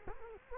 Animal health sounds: mosquito wingbeat signal from an infrared sensor; Culex quinquefasciatus

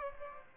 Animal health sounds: mosquito wingbeat signal from an infrared sensor; Aedes aegypti

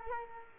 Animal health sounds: mosquito wingbeat signal from an infrared sensor; Culex quinquefasciatus

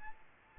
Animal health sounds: mosquito wingbeat signal from an infrared sensor; Aedes albopictus

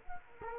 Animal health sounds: mosquito wingbeat signal from an infrared sensor; Culex quinquefasciatus

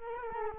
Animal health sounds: mosquito wingbeat signal from an infrared sensor; Culex quinquefasciatus

